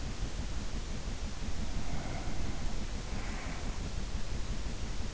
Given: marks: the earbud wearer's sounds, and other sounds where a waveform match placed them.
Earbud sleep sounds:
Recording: sounds in sleep by an in-ear microphone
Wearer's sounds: breath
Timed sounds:
1.51-3.85 s: breath

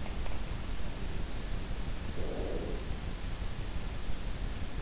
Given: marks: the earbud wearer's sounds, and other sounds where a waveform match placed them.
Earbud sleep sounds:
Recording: sounds in sleep by an in-ear microphone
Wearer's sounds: breath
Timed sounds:
1.84-3.25 s: breath

